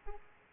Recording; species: mosquito wingbeat signal from an infrared sensor; Aedes aegypti